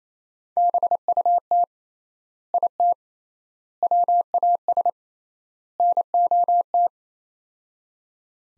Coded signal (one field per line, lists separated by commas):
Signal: Morse code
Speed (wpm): 28 wpm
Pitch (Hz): 700 Hz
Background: none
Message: BUT IT WAS NOT